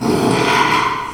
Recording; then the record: squeal of a Yucatan mini pig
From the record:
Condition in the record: after surgery on the right vocal fold (resection and tissue-engineered implant); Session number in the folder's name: 1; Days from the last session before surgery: 6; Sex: male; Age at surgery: 12 weeks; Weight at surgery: 13 kg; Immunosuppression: cyclosporine, prednisolone